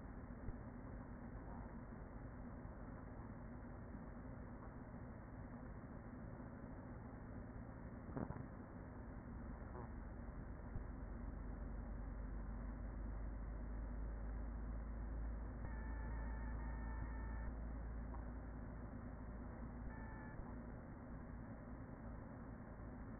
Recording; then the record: honeybee colony, microphone inside the hive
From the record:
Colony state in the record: queen present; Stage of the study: after two queens were removed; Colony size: about 40,000 bees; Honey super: no